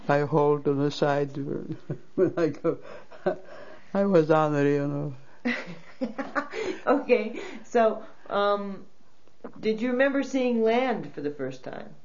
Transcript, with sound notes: I hold on the side, and I go. ( she laughs ) I was ornery, you know.
( she laughs ) Okay. So did you remember seeing land for the first time?